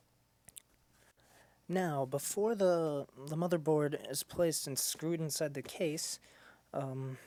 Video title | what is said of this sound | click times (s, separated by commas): Return To Sender Show #2 6/23/2009 | they'll snap into place all by themselves that's when you know when your RAM is all the way in | 0.5 s, 0.6 s